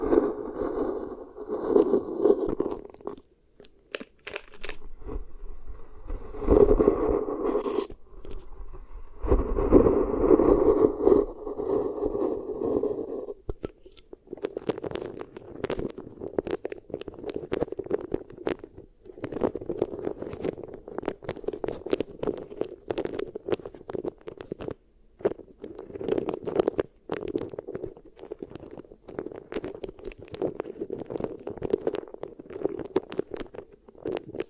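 Muffled waxy crackling and squishing, with dense, steady rustles throughout and heavier thuds around six to eleven seconds.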